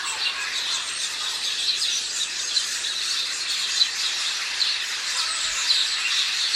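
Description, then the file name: House sparrows twittering together, an unbroken layer of many overlapping high chirps with a few slightly louder notes scattered through. "Passer domesticus"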